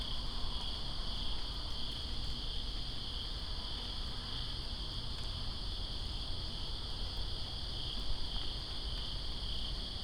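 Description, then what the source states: Crickets call in a constant high chorus beneath a broad hiss of rain. Crickets calling during rain in Greensboro on 2 September 2017.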